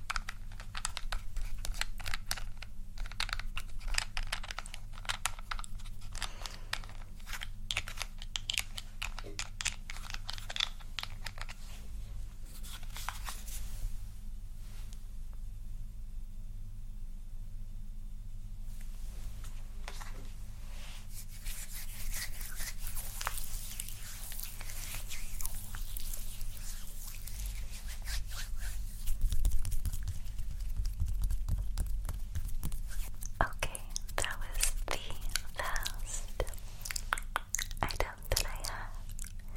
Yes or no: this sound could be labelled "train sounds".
no